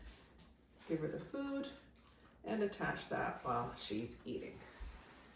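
A metal leash snap clip is handled at a puppy's collar ring while the puppy eats, as someone talks throughout. Nothing has seated or clicked yet; the clip is handled but not yet locked onto the collar.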